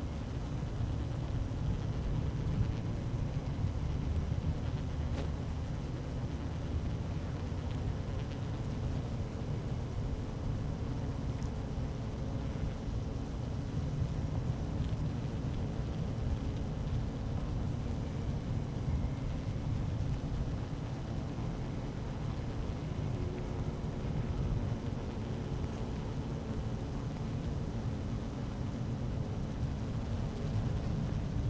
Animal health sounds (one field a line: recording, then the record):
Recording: honeybee colony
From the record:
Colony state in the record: active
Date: 12 June 2018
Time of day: 12:09